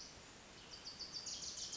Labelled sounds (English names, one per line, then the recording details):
Western Flycatcher
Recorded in Sonoma County, California